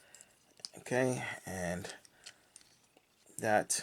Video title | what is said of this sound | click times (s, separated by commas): Transform and Rollout 01 AGENT MEISTER (Formally HOVA, an MP JAZZ) | pull it till it clicks. | 0.7 s